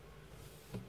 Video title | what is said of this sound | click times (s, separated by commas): Kinder Surprise Egg Unboxing - Sprinty - Green Jeep | bast ama oturmadı Bastır bastır tamam an | none